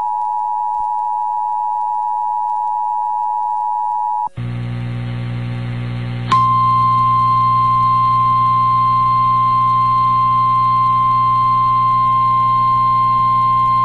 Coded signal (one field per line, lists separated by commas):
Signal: Emergency Alert System (SAME) tones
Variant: 853 and 960 Hz attention tone